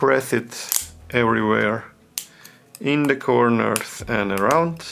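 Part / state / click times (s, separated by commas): plastic frame/cover clips into smartphone housing / not seated / none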